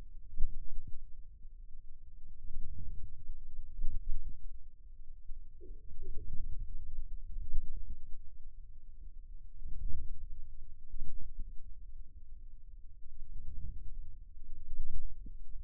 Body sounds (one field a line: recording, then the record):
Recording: forearm muscle sounds (acoustic myography)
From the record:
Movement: outward rotation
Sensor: system 2, bracelet of six BSWA MPA416 microphones around the upper forearm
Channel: 2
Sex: male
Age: 22 years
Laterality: right